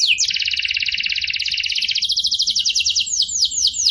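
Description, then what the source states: Bird song: a dense, buzzy double-toned trill that shifts into a run of quick, sweeping slurred notes. Master for training cage birds; lively (gacor) singer in the tembakan style.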